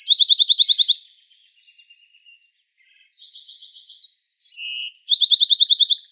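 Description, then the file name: Bewick's wren singing: bright, rapid trills of repeated high notes, with softer buzzy phrases in between and another fast trill at the end. Arizona. "BEWR 5 deviche"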